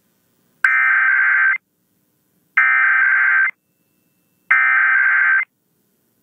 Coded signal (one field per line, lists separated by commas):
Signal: Emergency Alert System (SAME) tones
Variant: header bursts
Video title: Thankful Tests Tuesday (EAS #13971-13979) 11/21/23